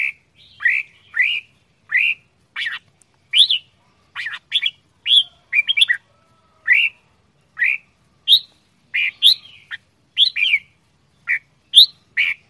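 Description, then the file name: Red-whiskered bulbul giving short, loud, rising whistled phrases in quick succession, with clear gaps between them. Quảng Ngãi, Vietnam; frantic 'chẻ dạo giọng' singing style. "tieng chao mao quang ngai che dao giong dien cuong"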